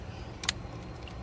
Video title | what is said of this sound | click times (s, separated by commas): How to Install a 10.1” Touchscreen in a Honda Civic | and hear it click make sure it's a positive lock you're going to move on to the next one | 0.5 s